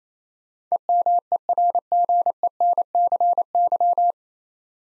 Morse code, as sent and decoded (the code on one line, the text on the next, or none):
. -- . .-. --. . -. -.-. -.--
EMERGENCY